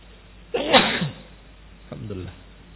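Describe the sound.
A single loud, explosive sneeze bursts out, sharp at the start and trailing off over about half a second. After a short pause, a brief, quieter murmur of voice follows.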